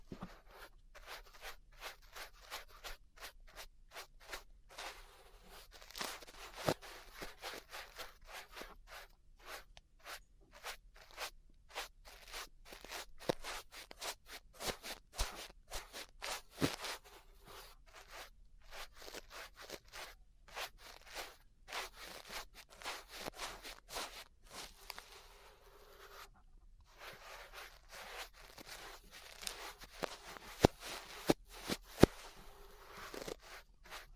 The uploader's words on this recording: ASMR Relaxing 3Dio Ear Brushing (No Talking).